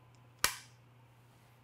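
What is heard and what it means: A phone mount is inserted into a tripod head and seats with a single sharp click at 0.4 s, secure. The click rings briefly over a low steady hum, with a faint tick just before it.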